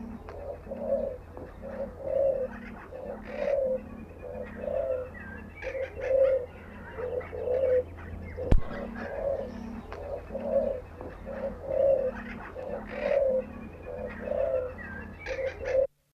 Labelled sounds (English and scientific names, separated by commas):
Nicobar Pigeon (Caloenas nicobarica) call, Spotted Dove (Spilopelia chinensis)